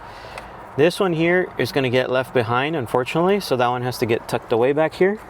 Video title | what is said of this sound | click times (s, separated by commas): How To Upgrade the Factory 2018+ Jeep Wrangler JL Radio to a 10" Dasaita Android Head unit IN DEPTH! | insert it into the slot make sure it clicks | 0.4 s